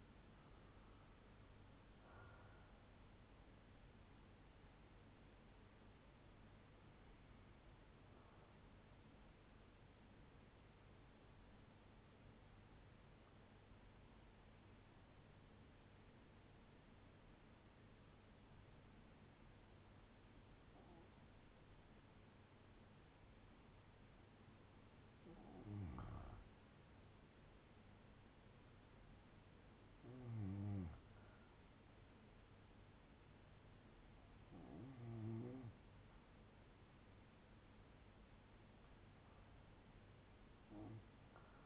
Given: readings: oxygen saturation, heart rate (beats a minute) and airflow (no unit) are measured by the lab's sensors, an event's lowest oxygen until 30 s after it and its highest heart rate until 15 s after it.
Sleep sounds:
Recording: breathing in sleep by a voice recorder at the bedside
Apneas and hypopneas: 1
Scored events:
7.00-27.50 s: hypopnea (REM, oxygen 97% highest, then 93% lowest, heart rate 69 at the start, 72 highest)
From the record:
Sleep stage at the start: REM sleep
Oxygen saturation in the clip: 85 to 97%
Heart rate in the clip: 58 to 72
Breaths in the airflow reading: 9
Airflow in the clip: -8.1 to 6.5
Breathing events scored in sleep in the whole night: 182 in 7.4 hours asleep

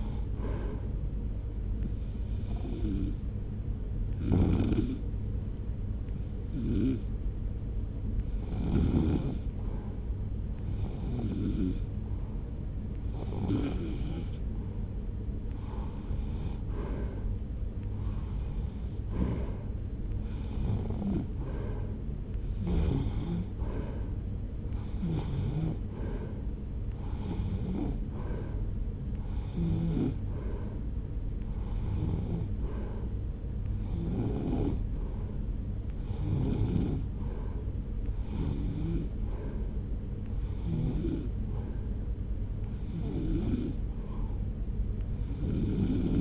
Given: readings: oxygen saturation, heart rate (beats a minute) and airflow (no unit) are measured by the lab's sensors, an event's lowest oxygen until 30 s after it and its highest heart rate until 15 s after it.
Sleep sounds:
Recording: breathing in sleep by a smartphone at the bedside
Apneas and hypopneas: 1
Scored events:
3.00-16.30 s: hypopnea (REM, oxygen 93% highest, then 90% lowest)
From the record:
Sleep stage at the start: REM sleep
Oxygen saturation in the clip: 88 to 95%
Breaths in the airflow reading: 18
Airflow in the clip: -1.1 to 1.9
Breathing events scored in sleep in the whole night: 335 in 6.7 hours asleep

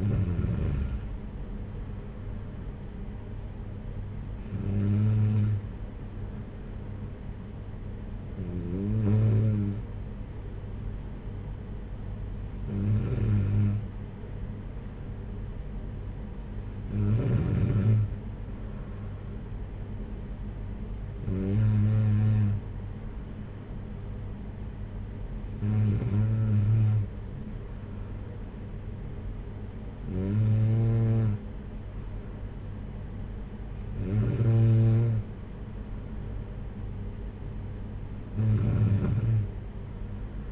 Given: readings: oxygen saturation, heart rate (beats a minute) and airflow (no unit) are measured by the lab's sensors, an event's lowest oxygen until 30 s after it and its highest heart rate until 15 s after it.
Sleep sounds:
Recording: breathing in sleep by a smartphone at the bedside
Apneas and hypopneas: none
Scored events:
none scored
From the record:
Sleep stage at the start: N2 (light sleep)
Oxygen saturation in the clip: 94%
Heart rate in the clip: 55 to 60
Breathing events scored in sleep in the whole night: 226 in 8.8 hours asleep

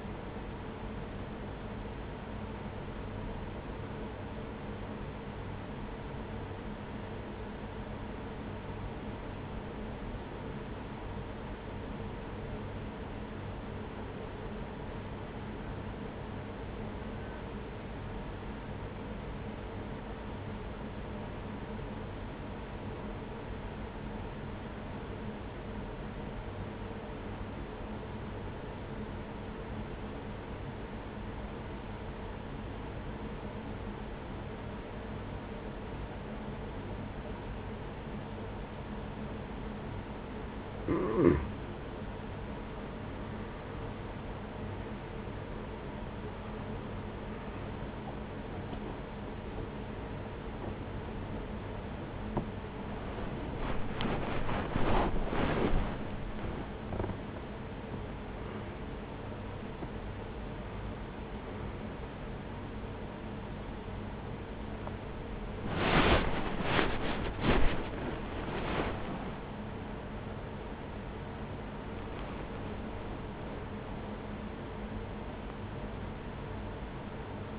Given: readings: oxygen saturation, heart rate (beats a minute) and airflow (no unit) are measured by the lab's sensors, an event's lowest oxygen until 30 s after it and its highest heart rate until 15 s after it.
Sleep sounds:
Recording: a person awake in a sleep study, by a voice recorder at the bedside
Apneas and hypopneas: 1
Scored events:
5.00-42.60 s: hypopnea (N1, oxygen 95% highest, then 87% lowest, heart rate 44 at the start, 65 highest)
32.00-77.59 s: new sleep stage, awake
42.00-77.59 s: awake
From the record:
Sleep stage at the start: N1 (lightest sleep)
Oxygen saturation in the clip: 87 to 96%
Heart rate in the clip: 43 to 71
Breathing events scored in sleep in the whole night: 210 in 6.9 hours asleep

